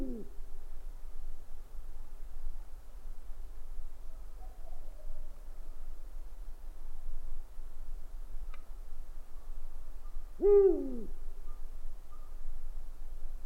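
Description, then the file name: Owl hooting: a clipped call at the start, then one wavering, harmonic-rich hoot that rises slightly and falls away, over a steady low hum. "gufo"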